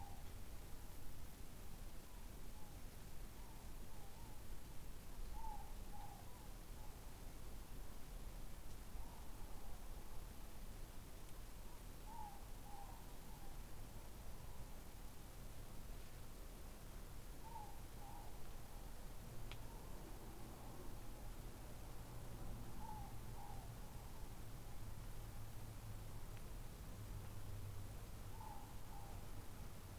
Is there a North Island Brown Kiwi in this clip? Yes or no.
no